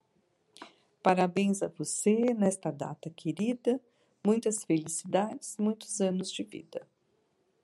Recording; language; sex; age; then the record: short text; Brazilian Portuguese; female; 60 to 69 years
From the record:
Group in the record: control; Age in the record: 64 years